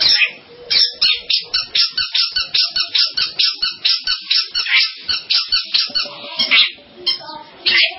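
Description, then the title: Long-tailed shrike song, a fast run of harsh chattering notes mixed with buzzy and squeaky phrases, repeated in quick bursts with brief pauses. "Kicau Burung Pentet"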